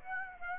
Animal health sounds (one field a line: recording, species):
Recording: mosquito wingbeat signal from an infrared sensor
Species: Aedes aegypti